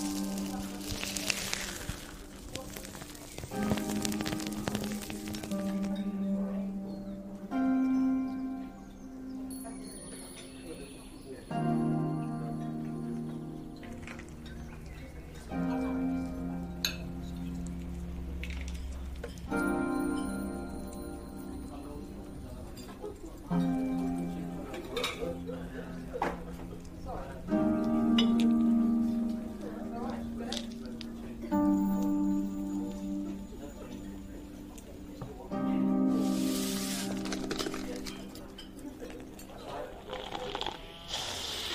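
Fantasy fairy cafe ambience: a gentle, steady melody of sustained tones over murmuring voices, with occasional light clinks and a deep rumble midway.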